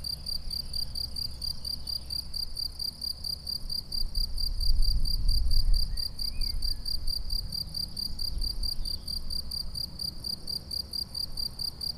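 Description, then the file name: Cricket chirps run without pause as quick, regular high pulses, with a low rumble swelling in the middle. "grillons"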